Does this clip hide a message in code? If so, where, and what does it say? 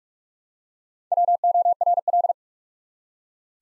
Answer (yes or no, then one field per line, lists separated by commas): yes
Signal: Morse code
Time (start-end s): 1.1-2.3 s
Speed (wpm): 45 wpm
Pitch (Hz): 700 Hz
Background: none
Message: WORL